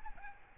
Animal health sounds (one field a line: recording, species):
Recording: mosquito wingbeat signal from an infrared sensor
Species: Aedes albopictus